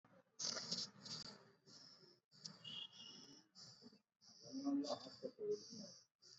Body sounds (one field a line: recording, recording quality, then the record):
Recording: deep breathing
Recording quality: moderate, slight background noise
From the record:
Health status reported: exposed to COVID-19, no respiratory illness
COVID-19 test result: not tested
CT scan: not taken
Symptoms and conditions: cough, cold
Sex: male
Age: 30 years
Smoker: no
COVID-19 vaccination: both doses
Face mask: worn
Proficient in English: yes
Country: India